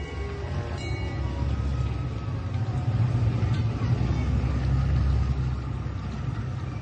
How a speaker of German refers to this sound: Wenige Minuten später wurden die Leinen losgemacht, die Planke eingezogen und die Wave Dancer fuhr mit minimaler Kraft aus dem Hafenbecken.